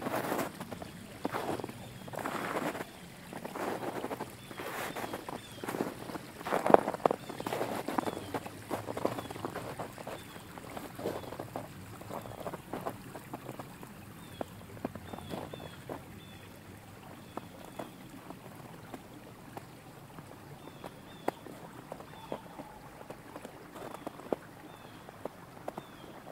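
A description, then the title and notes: Boots crunch through snow in a steady walking rhythm, loudest and densest in the first ten seconds, then thinning to sparser, sharper steps. A creek flows beneath as a constant soft rush, and a few faint bird chirps surface briefly around the twenty-second mark. Walking in Snow. Take a walk through the snow covered woodlands of Pennsylvania. Hear the crunching of snow underneath boots, the calming sounds of a nearby flowing creek, some birds sounds. This was recorded with binaural in-ear microphones.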